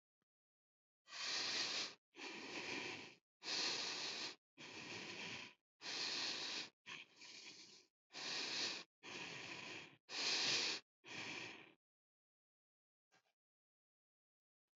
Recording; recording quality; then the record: shallow breathing; excellent, no background noise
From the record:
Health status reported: healthy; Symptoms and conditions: none ticked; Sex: male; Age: 53 years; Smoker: not ticked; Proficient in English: yes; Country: India